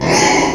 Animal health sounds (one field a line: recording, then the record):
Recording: squeal of a Yucatan mini pig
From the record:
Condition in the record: before surgery on the right vocal fold (resection and tissue-engineered implant)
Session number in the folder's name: 1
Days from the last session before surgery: -3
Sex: male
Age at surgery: 12 weeks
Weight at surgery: 13 kg